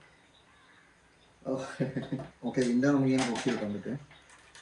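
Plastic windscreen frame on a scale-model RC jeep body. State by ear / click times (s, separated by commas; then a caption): not seated / none. The small plastic windscreen frame on a scale-model RC Willys jeep body is lifted upright by hand while someone talks from about 1.4 to 4.1 s over a quiet background. A faint, short tick comes at about 4.6 s, but the clip ends before the frame locks into its upright position, and nothing has clicked or seated yet.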